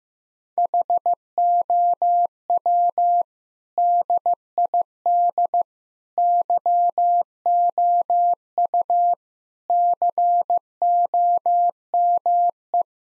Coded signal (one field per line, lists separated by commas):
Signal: Morse code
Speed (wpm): 16 wpm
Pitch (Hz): 700 Hz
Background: none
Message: HOW DID YOU COME